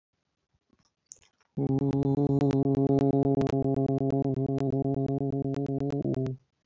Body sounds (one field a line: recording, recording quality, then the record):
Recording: sustained vowel as in boot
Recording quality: poor, much background noise or distortion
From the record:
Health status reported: healthy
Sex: male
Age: 31 years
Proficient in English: yes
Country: India